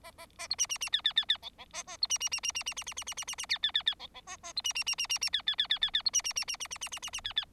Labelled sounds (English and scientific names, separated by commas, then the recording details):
Bengalese Finch (Lonchura striata domestica) song
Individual Bird4